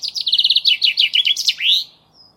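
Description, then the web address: Common chaffinch singing a loud series of repeated notes that descends in steps and ends in a flourish. "Deverinetal"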